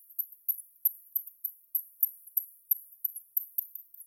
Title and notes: 暗闇 - Kurayami. bats flying through rice fields during spring (Golden Week 2020) at 9 pm in a farming village of countryside Kyushu